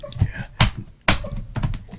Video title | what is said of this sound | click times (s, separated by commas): How to Disassemble a Dell Inspiron 5570 | this noise this cracking noise is fine it just snaps | 0.6 s, 1.1 s